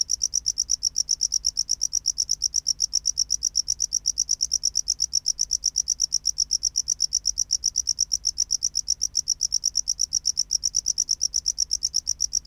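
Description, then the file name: Tropical house cricket, continuous song of sharp high chirps repeated at a fast, steady pace. "Bio Acoustica Gryllodes sigillatus"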